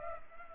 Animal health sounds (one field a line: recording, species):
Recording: mosquito wingbeat signal from an infrared sensor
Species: Culex pipiens